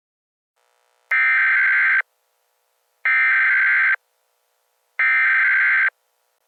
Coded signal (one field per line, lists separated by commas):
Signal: Emergency Alert System (SAME) tones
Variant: header bursts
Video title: EAS Mini Scenario - Keppler